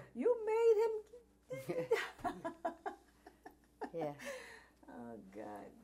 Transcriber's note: laughs